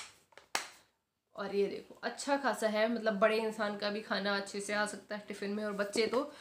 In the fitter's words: यहां से यह वाला लॉक हो जाता है और